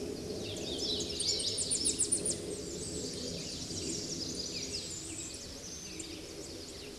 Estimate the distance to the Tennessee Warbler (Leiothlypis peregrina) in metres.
about 20 m